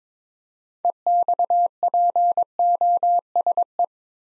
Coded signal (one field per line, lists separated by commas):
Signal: Morse code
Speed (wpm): 23 wpm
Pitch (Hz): 700 Hz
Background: none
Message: EXPOSE